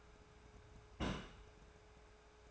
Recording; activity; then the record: daily activity, microphone in the room; place on stove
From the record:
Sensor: 2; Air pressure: 1010.1 hPa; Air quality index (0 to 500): 160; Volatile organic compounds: 7 ppm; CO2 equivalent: 2010 ppm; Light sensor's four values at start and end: 42/102/45/51 and 42/101/45/51